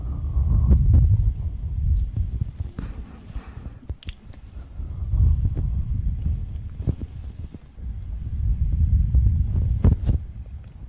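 Muffled ear massage: deep rubbing rumbles swell and fade in slow waves, loudest near the start, middle and end. Between them come sharp crackles and clicks from the ear cleaning, scattered irregularly, with a quiet lull around the fourth second.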